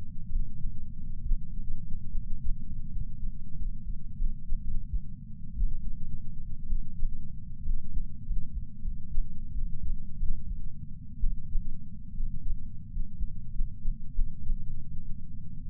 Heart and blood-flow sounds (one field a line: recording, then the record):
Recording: heart sounds by patch sensor on the chest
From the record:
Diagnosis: coronary artery disease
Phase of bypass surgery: postoperative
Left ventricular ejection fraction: 41.5%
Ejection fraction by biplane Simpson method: 34.6%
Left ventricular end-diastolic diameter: 67 mm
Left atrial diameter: 53 mm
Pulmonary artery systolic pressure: 24 mmHg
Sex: male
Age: 61 years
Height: 174 cm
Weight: 80 kg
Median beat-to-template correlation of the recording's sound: 0.54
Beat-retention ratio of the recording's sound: 0.99